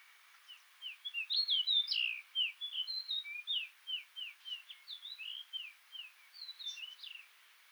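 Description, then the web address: Pied bush chat giving a rapid, uneven series of short, high chirpy notes, some rising and some falling, continuing for about seven seconds with brief pauses. "Pied-bush-chat صدای-پرنده-چک-ابلق"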